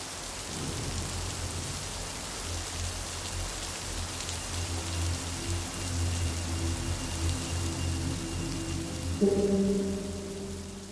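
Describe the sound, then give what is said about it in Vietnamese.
Steady, dense rain hisses without pause over a low rumbling undertone on a late-September afternoon in Rạch Giá, Vietnam. Near the end a soft sustained tonal drone rises beneath the downpour. “Rạch Giá, một chiều mưa cuối tháng 9, cách tuyến đường chính của thành phố chỉ chừng 3 cây số,”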